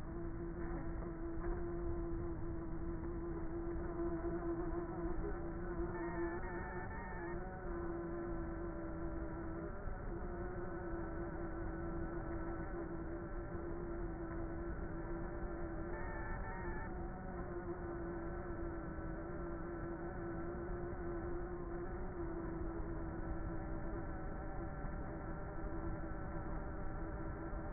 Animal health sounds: honeybee colony, microphone inside the hive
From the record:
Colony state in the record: queenless with a low population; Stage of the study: before two queens were removed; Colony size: about 30,000 bees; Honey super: no

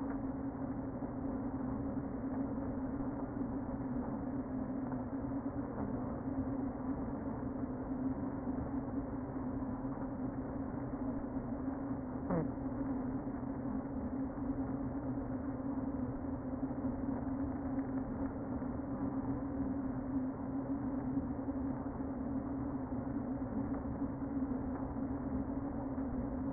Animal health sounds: honeybee colony, microphone inside the hive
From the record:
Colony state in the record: queen present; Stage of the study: before two queens were removed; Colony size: about 60,000 bees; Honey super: yes

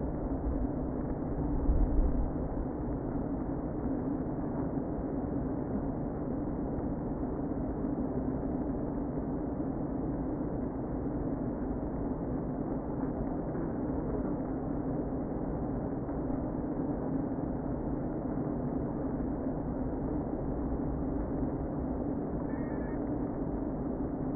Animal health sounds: honeybee colony, microphone inside the hive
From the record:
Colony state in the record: queen present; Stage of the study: before two queens were removed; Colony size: about 60,000 bees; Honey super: yes

